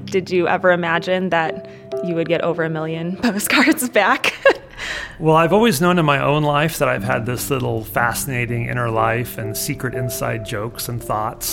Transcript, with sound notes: Did you ever imagine that you would get over a million postcards back? [laughs]
I've always known in my own life that I've had this little fascinating inner life and secret inside jokes and thoughts.